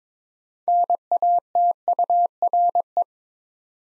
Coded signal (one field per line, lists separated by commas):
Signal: Morse code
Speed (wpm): 22 wpm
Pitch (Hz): 700 Hz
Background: none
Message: NATURE